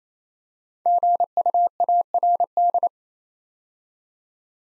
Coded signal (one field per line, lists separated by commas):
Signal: Morse code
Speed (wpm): 27 wpm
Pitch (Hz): 700 Hz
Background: none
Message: GUARD